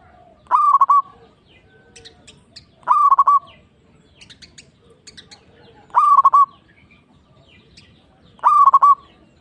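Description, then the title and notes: Zebra dove song: four stuttering phrases at intervals of about two to three seconds, each a quick upslur and a burst of pulses, with faint high chirps in between. Local (lokal) bird. "Kicau Perkutut Lokal 1. Kicau Burung Perkutut"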